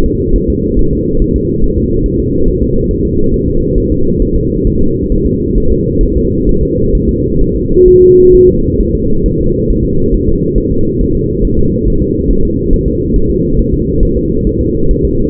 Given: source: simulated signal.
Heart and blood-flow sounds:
fetal heart sounds
0.06 s: S2
0.36 s: S1
0.50 s: S2
0.79 s: S1
0.93 s: S2
1.22 s: S1
1.36 s: S2
1.64 s: S1
1.78 s: S2
2.06 s: S1
2.20 s: S2
2.48 s: S1
2.62 s: S2
2.91 s: S1
3.05 s: S2
3.34 s: S1
3.48 s: S2
3.78 s: S1
3.92 s: S2
4.22 s: S1
4.36 s: S2
4.67 s: S1
4.81 s: S2
5.12 s: S1
5.27 s: S2
5.58 s: S1
5.72 s: S2
6.03 s: S1
6.17 s: S2
6.49 s: S1
6.63 s: S2
6.95 s: S1
7.09 s: S2
7.41 s: S1
7.56 s: S2
7.88 s: S1
8.02 s: S2
8.34 s: S1
8.49 s: S2
8.80 s: S1
8.95 s: S2
9.26 s: S1
9.40 s: S2
9.70 s: S1
9.85 s: S2
10.14 s: S1
10.28 s: S2
10.58 s: S1
10.72 s: S2
11.01 s: S1
11.15 s: S2
11.45 s: S1
11.59 s: S2
11.88 s: S1
12.02 s: S2
12.31 s: S1
12.45 s: S2
12.73 s: S1
12.88 s: S2
13.16 s: S1
13.30 s: S2
13.59 s: S1
13.73 s: S2
14.03 s: S1
14.17 s: S2
14.47 s: S1
14.61 s: S2
14.91 s: S1
15.05 s: S2
From the record:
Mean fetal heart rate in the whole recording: 135 bpm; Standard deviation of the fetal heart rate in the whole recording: 3 bpm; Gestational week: 36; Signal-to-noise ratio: -16.4 dB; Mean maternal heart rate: 72 bpm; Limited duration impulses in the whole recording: present

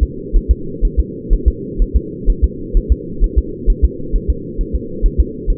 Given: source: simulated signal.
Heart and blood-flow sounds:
fetal heart sounds
0.03 s: S2
0.36 s: S1
0.51 s: S2
0.85 s: S1
1.00 s: S2
1.33 s: S1
1.48 s: S2
1.82 s: S1
1.96 s: S2
2.30 s: S1
2.44 s: S2
2.77 s: S1
2.92 s: S2
3.24 s: S1
3.38 s: S2
3.70 s: S1
3.85 s: S2
4.16 s: S1
4.30 s: S2
4.61 s: S1
4.75 s: S2
5.06 s: S1
5.20 s: S2
5.50 s: S1
From the record:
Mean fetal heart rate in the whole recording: 130 bpm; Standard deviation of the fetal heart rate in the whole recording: 4 bpm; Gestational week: 38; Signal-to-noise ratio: -4.3 dB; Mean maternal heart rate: 72 bpm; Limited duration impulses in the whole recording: absent

